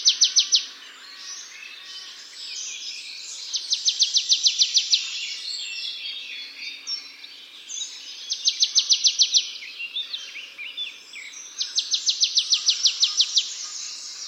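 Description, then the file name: Marsh tit giving four bright, rapid rattling series spaced a few seconds apart, over dense background sound throughout. "Poecile palustris"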